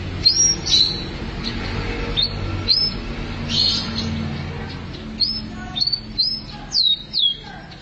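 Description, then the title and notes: Canary song, quiet and scattered: short high chirps and bent whistled notes in small clusters, separated by gaps, with a faint low rumble behind. "BM Suara Kenari. BM Suara Burung Kenari"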